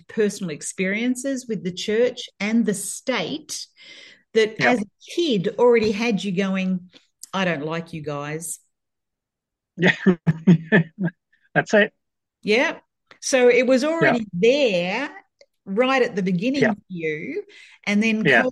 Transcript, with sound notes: you had personal experiences with the Church and the State that-
Yeah.
... as a kid, already had you going, "I don't like you guys."
Yeah. (laughs) That's it.
Yeah. So it was already-
Yeah.
... there, right at the beginning-
Yeah.
... for you, and then-
Yeah.